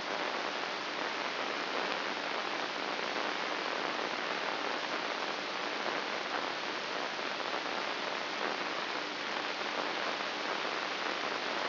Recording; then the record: brain microelectrode recording played as sound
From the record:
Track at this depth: inside the subthalamic nucleus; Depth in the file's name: 4.018 mm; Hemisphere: left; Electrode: 2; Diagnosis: Parkinson's disease